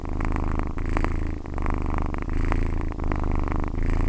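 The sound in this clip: Cat purring, a steady low rumble in regular cycles roughly every three-quarters of a second, continuous throughout.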